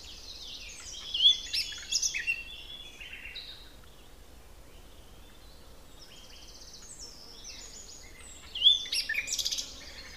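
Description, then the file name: Common nightingale singing two bright, varied phrases of whistles, clicks and fast twittering notes, one near the start and one near the end, with quieter sound between. "Luscinia megarhynchos"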